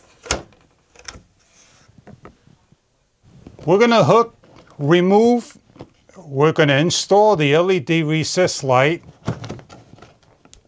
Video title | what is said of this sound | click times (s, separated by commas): SMAVISTA 12W Smart Recessed Downlights 6 Inch, RGBCW Wi-Fi LED Can Light with Matter Connect, | and then you simply lock into place by placing on like so | 0.3 s